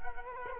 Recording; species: mosquito wingbeat signal from an infrared sensor; Culex quinquefasciatus